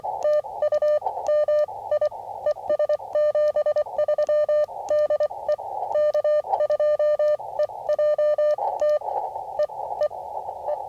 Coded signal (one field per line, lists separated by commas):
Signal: Morse code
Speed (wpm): 24 wpm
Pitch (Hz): 600 Hz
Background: none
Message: TU MI ES 73 DE K2EJT EEE